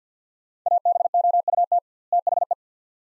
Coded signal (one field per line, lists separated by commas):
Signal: Morse code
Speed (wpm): 50 wpm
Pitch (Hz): 700 Hz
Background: none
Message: ABOUT THE